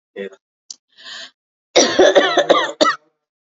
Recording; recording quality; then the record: heavy voluntary cough; excellent, no background noise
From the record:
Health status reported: respiratory illness, not identified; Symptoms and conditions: asthma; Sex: female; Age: 46 years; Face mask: worn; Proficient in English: yes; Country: India